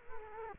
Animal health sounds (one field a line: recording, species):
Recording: mosquito wingbeat signal from an infrared sensor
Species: Culex quinquefasciatus